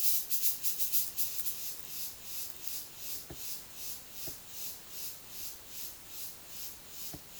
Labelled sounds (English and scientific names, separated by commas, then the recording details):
none
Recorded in dense forest near Puerto Asís, Putumayo, Colombia, on 18 February 2024 at 11:00
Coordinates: 0.505, -76.324
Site G6467